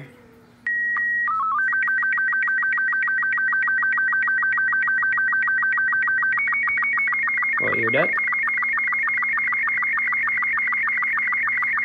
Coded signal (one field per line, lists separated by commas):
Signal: SSTV (slow-scan television)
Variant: Robot 36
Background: speech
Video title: The way you can send images and Receive on walkie talkie radio or any (SSTV)